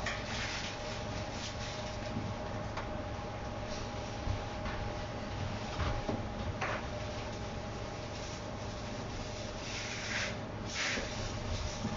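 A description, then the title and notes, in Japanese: Kitchen noises while sake lees are worked into a pickling bed. A steady, dense low rumble with a faint constant hum runs throughout, broken by short brighter rubbing and scraping sounds every few seconds, most noticeable around the ten-second mark. キッチンでの物音。粕漬けを作るための粕床を作っています。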